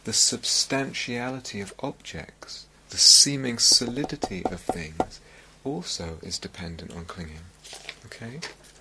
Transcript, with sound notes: The substantiality of objects, the seeming solidity of things [taps on something] also is dependent on clinging. Okay?